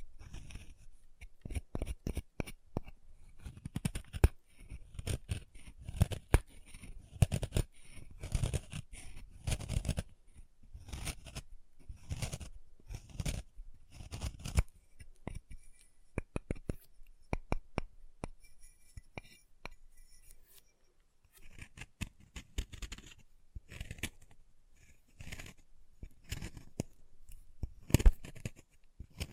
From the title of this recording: Chalk Carving and Cutting Sounds